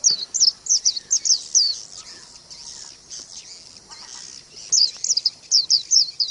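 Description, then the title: Oriental magpie-robin song: bright, high whistled notes in quick succession, a quieter pause with soft chatter, then another fast run of whistles. "Kicau Kacer"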